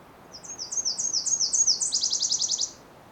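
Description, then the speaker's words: Nashville Warbler song, a single phrase of high repeated two-note units running into a fast trill, quiet background. Bird singing very enthusiastically, heard while leaving a section of a national park on the Bruce Peninsula. "So I'm just on my way out of this section of the Bruce Peninsula National Park. And we got another Nashville warbler."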